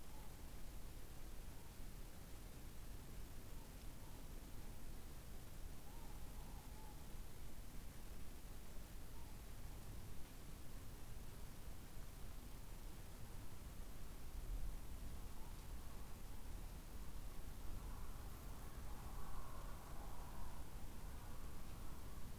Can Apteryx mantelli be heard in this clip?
no